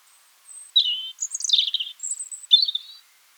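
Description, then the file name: European robin song phrase, high sweet thin notes, a tinkling tumble of quick warbles and sustained very high whistles, with no other sounds. "Erithacus rubecula"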